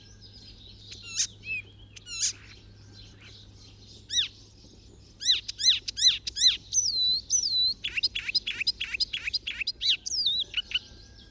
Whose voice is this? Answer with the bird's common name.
Icterine Warbler